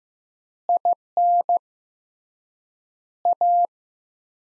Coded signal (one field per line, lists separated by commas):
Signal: Morse code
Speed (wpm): 15 wpm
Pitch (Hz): 700 Hz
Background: none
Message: IN A